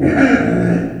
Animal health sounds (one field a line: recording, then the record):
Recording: squeal of a Yucatan mini pig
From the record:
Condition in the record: after surgery on the right vocal fold (resection and tissue-engineered implant)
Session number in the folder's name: 3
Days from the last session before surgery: 21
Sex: female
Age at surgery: 19 weeks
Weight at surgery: 25 kg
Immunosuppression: prednisolone